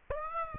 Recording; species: mosquito wingbeat signal from an infrared sensor; Aedes aegypti